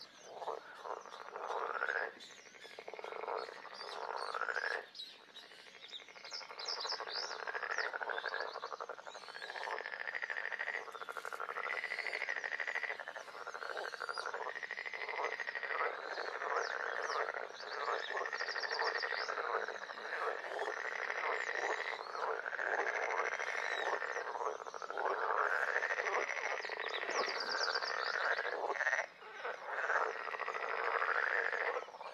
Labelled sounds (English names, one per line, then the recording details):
Edible Frog call
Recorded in the wild
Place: Kützerhof, Kummerower See, Mecklenburg-Vorpommern, DE
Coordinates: 53.8531, 12.8686
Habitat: wetland
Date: 2010-06-22
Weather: heiter, 9°C, schwacher Wind
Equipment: Sound Devices 702, Rode NT1-A Stereopaar
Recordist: Frommolt, Karl-Heinz